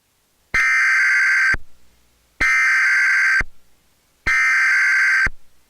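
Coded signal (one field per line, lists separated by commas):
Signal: Emergency Alert System (SAME) tones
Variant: header bursts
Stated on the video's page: Mock tornado warning EAS alert, a simulated recreation.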